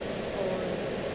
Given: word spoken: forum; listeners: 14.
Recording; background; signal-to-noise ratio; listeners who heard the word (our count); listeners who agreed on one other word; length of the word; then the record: one English word in noise, from a listening test; speech-shaped noise; -5.0 dB; 1 of 14; 6 of 14; 0.75 s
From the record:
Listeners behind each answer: 6, 2, 1, 1, 1, 1, 1, 1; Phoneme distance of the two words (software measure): 30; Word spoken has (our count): 2 syllables, 5 phonemes, stress on syllable 1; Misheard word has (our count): 2 syllables, 5 phonemes, stress on syllable 1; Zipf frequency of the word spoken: 3.72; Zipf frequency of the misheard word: 4.44